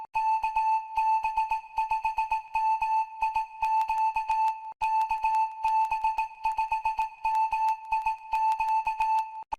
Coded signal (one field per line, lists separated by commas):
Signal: Morse code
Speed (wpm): 19 wpm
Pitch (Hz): 880 Hz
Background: music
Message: KB5MIQ KB5MIQ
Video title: Mail Bag? Ham Shack tools Essential vs. Nice to Have !